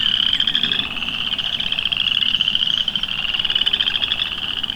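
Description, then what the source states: Chorus frog trills pour out nonstop, rapid pulsed high notes from many callers blending into one steady, slightly wavering drone. A loud chorus of many chorus frogs.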